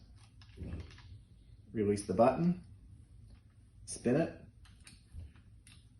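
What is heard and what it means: A spring push button in a quad cane's base and shaft is released and the base is spun to swap the direction of the angled prongs, with faint handling ticks and someone talking. Nothing has clicked back in or seated yet.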